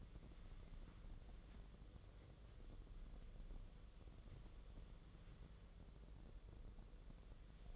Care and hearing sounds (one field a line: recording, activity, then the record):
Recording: daily activity, microphone in the room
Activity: wipe stove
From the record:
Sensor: 4